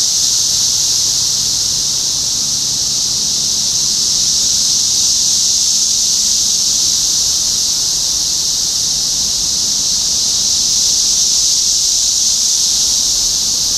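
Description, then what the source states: Many cicadas make a constant, sizzling high-pitched buzz that barely changes over the whole stretch. Topeka, Kansas; 14 June 2015.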